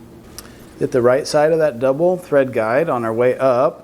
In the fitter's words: and just go ahead and hold your thread back and lift that up till it clicks in place